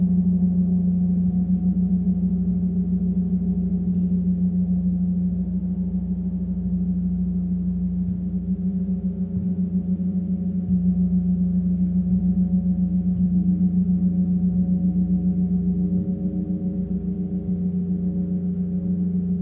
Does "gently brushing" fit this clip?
no